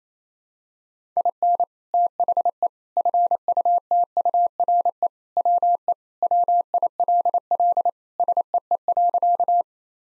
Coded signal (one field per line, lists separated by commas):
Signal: Morse code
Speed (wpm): 28 wpm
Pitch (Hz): 700 Hz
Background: none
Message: IN THE FUTURE WE WILL SEE.